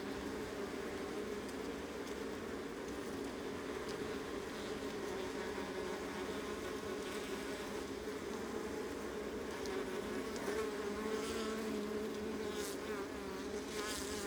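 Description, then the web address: Honey bees buzzing as a colony, a dense steady drone with layered overlapping hums, many wingbeats blending into one continuous sound, with occasional brief clicks. Honey bee colony recorded close up on the Adriatic coast, northern Mediterranean. "Ivo Vicic - Northern Mediterranean soundscapes - Adriatic sea. Honey bee colony close"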